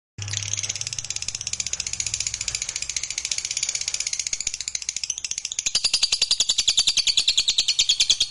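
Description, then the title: Lovebird song, a fast continuous chatter of high, buzzy notes pulsing several times a second, growing louder and more rhythmic toward the end. Recording meant to make a lazy lovebird start singing eagerly and spontaneously, right away. "LOVEBIRD Malas Bunyi JADI GREGET SPONTAN Langsung NARIK"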